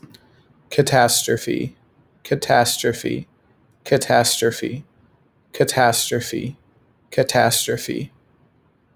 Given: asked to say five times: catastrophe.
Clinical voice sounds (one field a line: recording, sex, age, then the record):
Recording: repeated word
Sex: male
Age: 20 to 29 years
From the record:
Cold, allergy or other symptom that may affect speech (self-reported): no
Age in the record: 24 years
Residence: Minnesota, United States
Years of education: 17